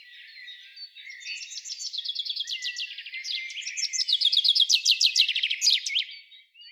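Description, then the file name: Common chaffinch song: soft trills at first, then a series of crisp notes growing louder and ending in a flourish. "Fringilla coelebs"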